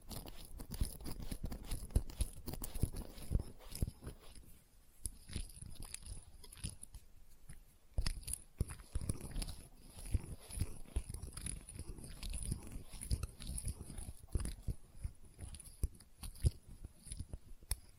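Experimental triggers in test tubes: a dense, irregular run of small clicks, taps and crackles with low thumps and brushing rustles underneath. Sharp glassy ticks stand out every second or so, and a thin high whine runs steadily across the top.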